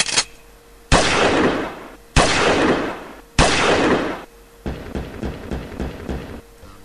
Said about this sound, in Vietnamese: Thạnh lắng tai nghe một tràng súng nổ vang ở nơi đâu đó nghe rất gần. Lại thêm một tràng súng nổ nữa, một tràng nữa, lại có tiếng súng lớn.